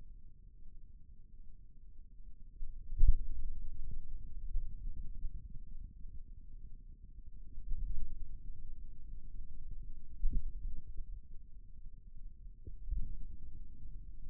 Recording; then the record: forearm muscle sounds (acoustic myography)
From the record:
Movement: finger pinch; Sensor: system 2, bracelet of six BSWA MPA416 microphones around the upper forearm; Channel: 3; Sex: male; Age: 22 years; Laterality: right